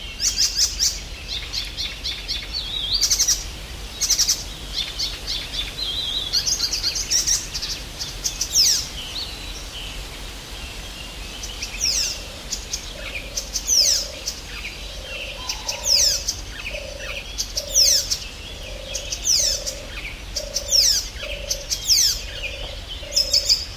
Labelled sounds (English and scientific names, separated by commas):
Icterine Warbler (Hippolais icterina)